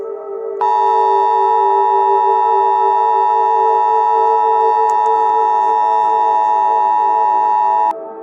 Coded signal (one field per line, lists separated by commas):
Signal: Emergency Alert System (SAME) tones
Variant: 853 and 960 Hz attention tone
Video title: LUNAR MOON | An EAS Scenario